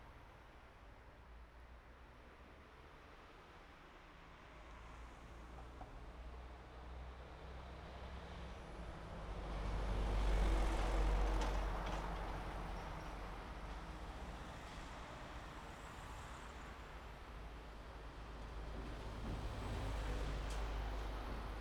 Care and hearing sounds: everyday scene through a hearing-aid microphone; in traffic; traffic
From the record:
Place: main road on the outskirts, rush hour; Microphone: behind the ear, right, rear

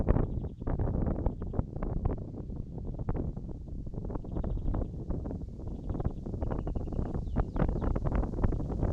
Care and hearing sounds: everyday scene through a hearing-aid microphone; wind on the microphone; wind, birds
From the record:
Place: in front of a rural house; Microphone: in the ear canal, right

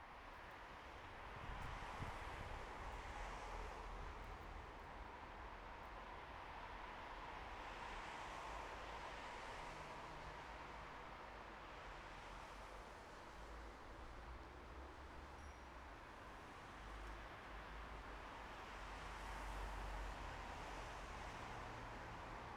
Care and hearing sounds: everyday scene through a hearing-aid microphone; in traffic; traffic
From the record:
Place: bus stop on a city main road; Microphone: behind the ear, right, front

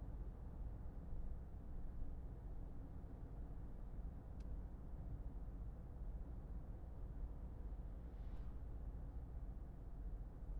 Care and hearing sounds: everyday scene through a hearing-aid microphone; in a vehicle; engine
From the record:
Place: Berlingo II, diesel engine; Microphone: behind the ear, left, front

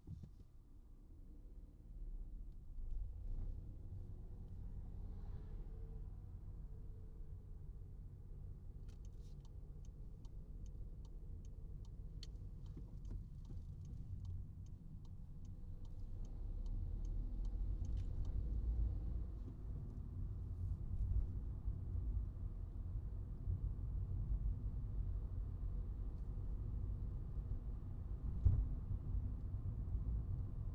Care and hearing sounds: everyday scene through a hearing-aid microphone; in a vehicle; engine, highway traffic jam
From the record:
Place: Skoda Fabia, gasoline engine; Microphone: in the ear canal, right

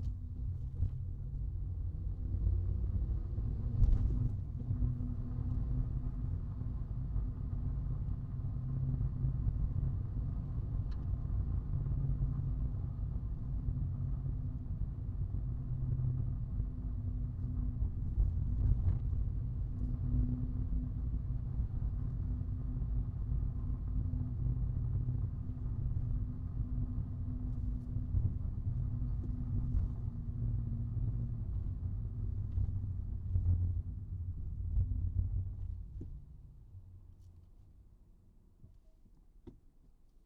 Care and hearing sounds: everyday scene through a hearing-aid microphone; in a vehicle; engine, rumble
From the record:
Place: Skoda Fabia, gasoline engine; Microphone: in the ear canal, right

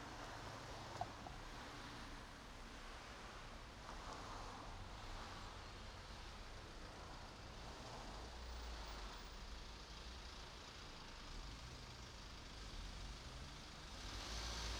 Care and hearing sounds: everyday scene through a hearing-aid microphone; in traffic; traffic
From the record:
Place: main road on the outskirts, rush hour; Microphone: in the ear canal, right

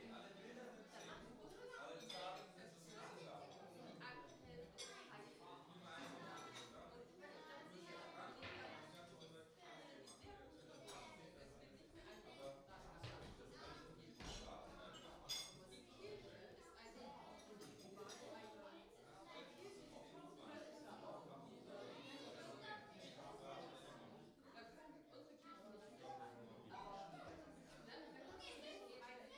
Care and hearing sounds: everyday scene through a hearing-aid microphone; many people talking; many voices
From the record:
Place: parish hall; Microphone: in the ear canal, right

